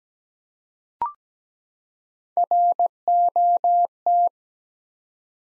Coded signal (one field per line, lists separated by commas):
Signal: Morse code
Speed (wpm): 17 wpm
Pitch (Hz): 700 Hz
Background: none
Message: ROT